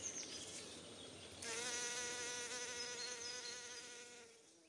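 Bee buzzing: a continuous droning hum begins after a second and a half and fades out toward the end, over quiet background noise.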